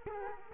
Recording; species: mosquito wingbeat signal from an infrared sensor; Culex quinquefasciatus